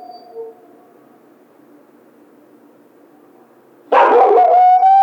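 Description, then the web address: Coyote howl: quiet wavering tone early, then a sudden loud burst of yips and barks breaking into a high sustained howl near the end. Howl, recorded 16 March 2010. "sounds mammals Coyote 2010 03 16 11 howl"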